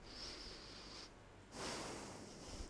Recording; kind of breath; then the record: one breath in and out by a microphone near the nose and mouth; deep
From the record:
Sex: male